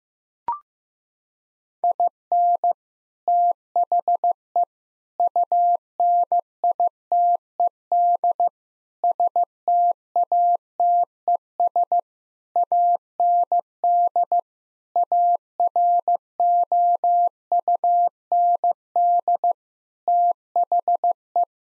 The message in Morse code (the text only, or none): IN THE UNITED STATES AND AROUND THE